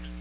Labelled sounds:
Hooded Warbler (Setophaga citrina) flight call

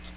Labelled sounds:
Magnolia Warbler (Setophaga magnolia) flight call

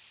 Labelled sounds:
Ovenbird (Seiurus aurocapilla) flight call

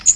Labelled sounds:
Magnolia Warbler (Setophaga magnolia) flight call

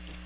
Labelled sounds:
Chestnut-sided Warbler (Setophaga pensylvanica) flight call

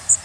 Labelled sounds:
Blackburnian Warbler (Setophaga fusca) flight call

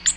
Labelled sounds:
Ovenbird (Seiurus aurocapilla) flight call

